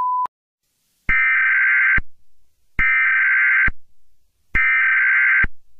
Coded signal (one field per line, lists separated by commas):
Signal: Emergency Alert System (SAME) tones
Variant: header bursts